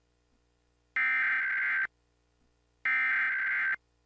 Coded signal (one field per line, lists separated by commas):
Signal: Emergency Alert System (SAME) tones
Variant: header bursts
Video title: MeTV Toons | Required Monthly EAS Test [01-07-2025]